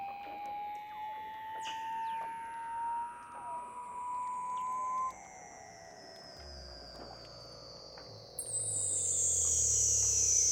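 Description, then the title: Weddell seal underwater calls: a pure whistle rising slightly, several overlapping long downward glides, and a sudden high tone near the end with low rumbling. "Douglas Quin - Weddell Seals (Underwater)"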